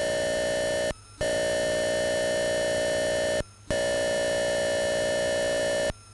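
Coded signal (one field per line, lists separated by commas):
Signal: computer data on cassette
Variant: Atari 8-bit cassette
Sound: buzzy steady tonal blocks, each about 2.5 s, broken by brief silent gaps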